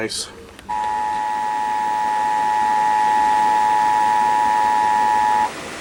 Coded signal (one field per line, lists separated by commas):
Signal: Emergency Alert System (SAME) tones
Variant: 853 and 960 Hz attention tone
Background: speech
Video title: EAS 2,000 | EAS Alerts From 5/7/2023 (EAS #1,989-2,040)